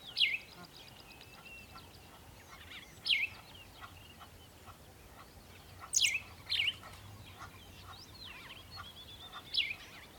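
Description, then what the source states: Bird chirps, short, high and downslurred, come every few seconds over a steady hiss of background noise. Birds singing in the morning.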